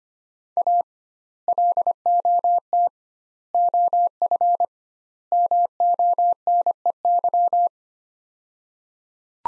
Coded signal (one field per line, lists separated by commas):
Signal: Morse code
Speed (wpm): 25 wpm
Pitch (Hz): 700 Hz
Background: none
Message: A LOT OF MONEY